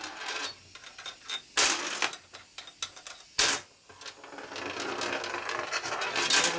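A bolt is tightened into a threaded hole in a brand-new aluminium engine case while assembling a 1989 Harley FXR 89ci Evo S&S stroker big-bore twin motor. Sharp metallic ticks and clatters come at about 0.5, 1.6, 2.1, 2.8 and 3.4 s over quiet shop background. The case thread strips out, and nothing has seated or clicked.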